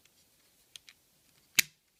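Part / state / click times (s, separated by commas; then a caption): plastic leg halves of a transforming action figure / seated / 0.8 s, 1.6 s. The two plastic halves of a transforming action figure's legs are pressed back together to form the legs. A sharp click sounds at 0.8 s, followed by a louder, brighter snap at 1.6 s. The halves are seated together.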